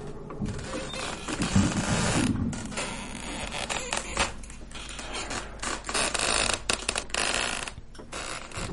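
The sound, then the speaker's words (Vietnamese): Two wooden doors, shut tight earlier, rattle and creak repeatedly in wind blowing in from the yard, with irregular clattering bursts and strained groans over a constant noisy rush, all fairly loud and with no voices. “Hai cái cánh cửa gỗ lúc nãy được lão tính đóng chặt cẩn thận, bây giờ lại rung lên, phát ra những tiếng lẹt cả lẹt kẹt, đến lạnh cả người.”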